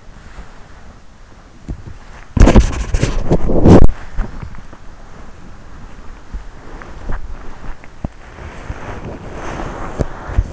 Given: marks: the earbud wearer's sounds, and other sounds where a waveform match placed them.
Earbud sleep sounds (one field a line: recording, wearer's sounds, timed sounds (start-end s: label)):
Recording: sounds in sleep by an in-ear microphone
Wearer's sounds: body movement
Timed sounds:
0.81-4.99 s: body movement
5.67-10.53 s: body movement